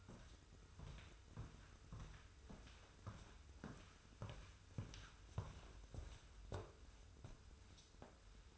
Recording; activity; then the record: daily activity, microphone in the room; walk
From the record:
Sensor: 2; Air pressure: 994.3 hPa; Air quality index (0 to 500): 204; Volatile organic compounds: 1000 ppm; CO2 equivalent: 6705 ppm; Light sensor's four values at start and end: 79/182/76/75 and 51/117/50/51